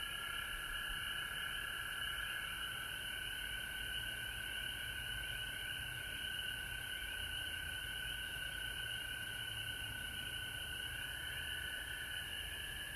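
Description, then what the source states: Frog chorus of overlapping trills, a high shrill ringing layer and a lower continuous trill, over soft hiss. Recorded at home in Georgia on March 19, 2020.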